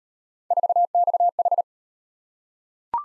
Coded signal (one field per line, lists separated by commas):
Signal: Morse code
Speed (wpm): 34 wpm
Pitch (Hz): 700 Hz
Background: none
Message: 4XH